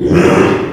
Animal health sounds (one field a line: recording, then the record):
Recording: squeal of a Yucatan mini pig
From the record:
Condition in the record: after surgery on the right vocal fold (resection and tissue-engineered implant)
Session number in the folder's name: 4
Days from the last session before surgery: 42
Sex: male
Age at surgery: 12 weeks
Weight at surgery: 13 kg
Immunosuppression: cyclosporine, prednisolone